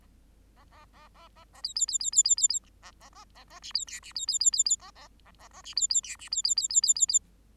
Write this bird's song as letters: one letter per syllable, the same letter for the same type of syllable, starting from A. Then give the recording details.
A A A A A A B B B B B B B B A A A A A C B D C B B B B B A A A A A C B B D C B B B B B B B. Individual Bird8